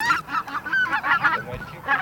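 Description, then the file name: Greater white-fronted goose: greater white-fronted geese chattering, with rapid overlapping yelping honks repeated several times a second from many birds at once. Flock chatter of greater white-fronted geese, used as a goose decoy call. "Белолобый базар"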